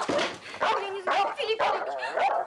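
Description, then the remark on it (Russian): A dog yelps and whimpers in a rapid string of high, wavering cries broken by a few sharp barks, loud and almost continuous across the short stretch, as it jumps onto a table and knocks over medical instruments. “Запрыгнув на стол, пес сталкивает медицинские приборы.”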